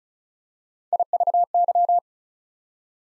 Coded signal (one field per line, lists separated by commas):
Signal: Morse code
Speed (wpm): 36 wpm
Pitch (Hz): 700 Hz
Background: none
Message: IVY